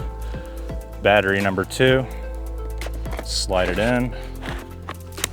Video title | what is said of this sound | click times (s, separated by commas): UNBOXING THE AUTEL ALPHA DRONE - THERMAL AND NIGHT VISION CAPABILITIES (SUPREME ZOOM) #autelrobotics | hear a click. That's really easy. The batteries just insert with ease. | 5.2 s